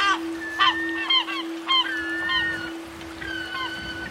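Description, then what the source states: Gulls calling, a run of sharp harmonic yelps and slurred cries in quick succession, then longer drawn-out notes, with a constant low humming tone beneath. Seagulls at a beach, mixed with zither and cymbal music.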